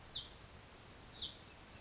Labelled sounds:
Hutton's Vireo
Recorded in Sonoma County, California

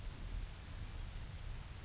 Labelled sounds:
Grasshopper Sparrow
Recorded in Sonoma County, California

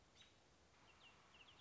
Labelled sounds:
American Robin
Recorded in Sonoma County, California

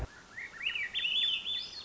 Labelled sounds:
Swainson's Thrush
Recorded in Sonoma County, California

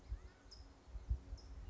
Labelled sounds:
California Towhee
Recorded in Sonoma County, California

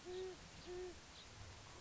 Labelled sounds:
Great Horned Owl
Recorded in Sonoma County, California

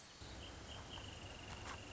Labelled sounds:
Wrentit
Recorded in Sonoma County, California

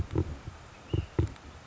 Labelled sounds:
Ash-throated Flycatcher
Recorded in Sonoma County, California

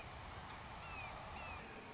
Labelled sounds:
Red-shouldered Hawk
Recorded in Sonoma County, California

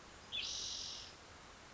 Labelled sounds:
Spotted Towhee
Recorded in Sonoma County, California

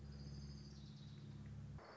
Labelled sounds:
Orange-crowned Warbler
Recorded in Sonoma County, California

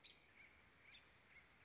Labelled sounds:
American Robin
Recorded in Sonoma County, California

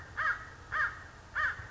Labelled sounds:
American Crow
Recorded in Sonoma County, California

